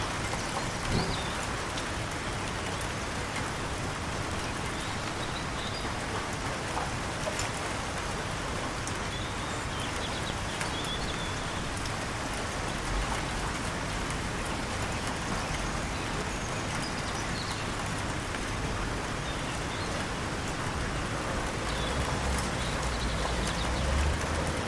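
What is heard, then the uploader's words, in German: Rain falls steadily onto the calm surface of a canal, a dense, even patter of drops that barely changes across the whole stretch. Faint low rumbling underneath suggests traffic, and a few slightly louder drops stand out now and then. Regentropfen auf dem Fluss. Sanfte Regentropfen die Oberfläche eines ruhigen Kanals küssen.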